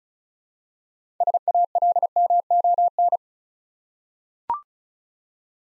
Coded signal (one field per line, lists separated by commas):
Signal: Morse code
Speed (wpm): 36 wpm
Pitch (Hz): 700 Hz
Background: none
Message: SALMON